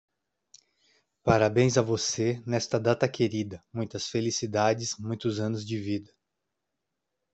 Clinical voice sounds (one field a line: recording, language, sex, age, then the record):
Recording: short text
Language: Brazilian Portuguese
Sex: male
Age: 40 to 49 years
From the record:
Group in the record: control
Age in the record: 41 years